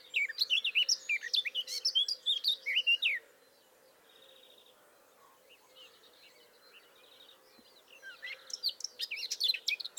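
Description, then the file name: Eurasian blackcap warbling song for about three seconds, then a long quiet spell with faint trills before another burst of song begins. "Sylvia atricapilla"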